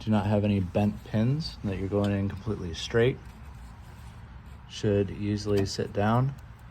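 A wiring harness connector is lined up to go straight onto a Kia Stinger's Tork transmission control unit module. Someone talks through most of the clip, with a quieter pause in the middle. Nothing has seated or clicked yet.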